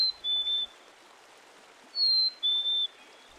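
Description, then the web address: Black-capped chickadee whistling pure falling two-part notes, the lower note held longer, sung twice within a few seconds over soft background noise. "Dan Gibson's Solitudes Nature Trails. Black-Capped Chickadee"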